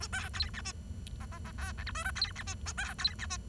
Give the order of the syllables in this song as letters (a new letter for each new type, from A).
A B C D E F F F G H I J K C D E A B C D E